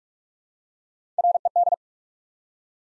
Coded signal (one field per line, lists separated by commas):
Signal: Morse code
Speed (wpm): 44 wpm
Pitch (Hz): 700 Hz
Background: none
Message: RED